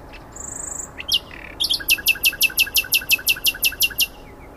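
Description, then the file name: Common nightingale song: a thin high whistle, a few scattered notes, then a fast run of sharp, loud repeated notes. "Luscinia megarhynchos"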